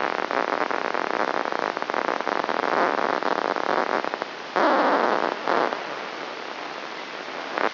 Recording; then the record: brain microelectrode recording played as sound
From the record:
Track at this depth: outside the subthalamic nucleus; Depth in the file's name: 0.315 mm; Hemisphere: left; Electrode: 3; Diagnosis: Parkinson's disease